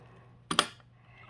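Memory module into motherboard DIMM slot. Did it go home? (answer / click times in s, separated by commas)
yes / 0.5 s, 0.6 s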